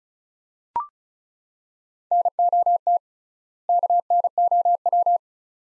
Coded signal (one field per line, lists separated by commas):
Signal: Morse code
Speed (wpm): 34 wpm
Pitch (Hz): 700 Hz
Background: none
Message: NOT KNOW